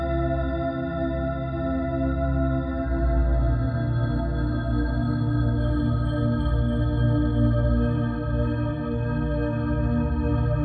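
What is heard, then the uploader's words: Steady 528 Hz and 111 Hz tones hum together with a dense stack of ringing overtones, a slow low beating, and unchanging loudness throughout. 528 Hz +111 Hz.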